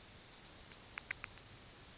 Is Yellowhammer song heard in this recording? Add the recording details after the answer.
yes. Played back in grassland. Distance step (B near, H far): B. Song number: 010